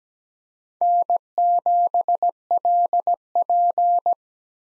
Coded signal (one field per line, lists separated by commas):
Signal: Morse code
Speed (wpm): 17 wpm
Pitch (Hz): 700 Hz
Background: none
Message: N7LP